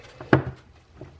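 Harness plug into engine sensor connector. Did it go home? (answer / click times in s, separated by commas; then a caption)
no / none. A last harness plug is pushed onto an engine sensor connector while installing a JB4 and JB1 on an Audi/Porsche 252HP 2.0 turbo four-cylinder engine. A faint tap comes at 0.2 s, a sharp loud knock with a brief ringing tail at 0.3 s, and a soft tap near 1.2 s. The plug does not click in, and nothing has seated or clicked yet.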